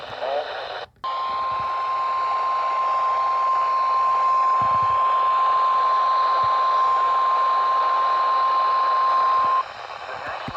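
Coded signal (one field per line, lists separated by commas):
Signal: Emergency Alert System (SAME) tones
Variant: 1050 Hz attention tone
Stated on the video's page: EAS alerts received from weather radio station WWF84 Lawrenceburg TN.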